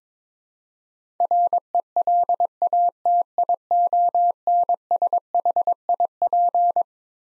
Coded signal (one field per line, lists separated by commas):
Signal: Morse code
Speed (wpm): 22 wpm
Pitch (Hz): 700 Hz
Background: none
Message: RELATIONSHIP